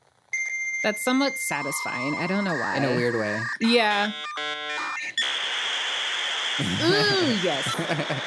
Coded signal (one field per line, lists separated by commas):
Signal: dial-up modem handshake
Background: speech